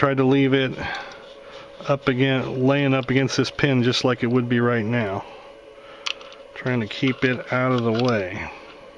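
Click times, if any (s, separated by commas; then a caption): none. A metal bolt stop pin is worked into position in the frame of a Ruger Mk I pistol during reassembly while someone talks. Only handling is heard; the pin has not yet dropped into place, and nothing has seated or clicked.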